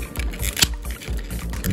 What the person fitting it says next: You can hear it kind of locking. There we go.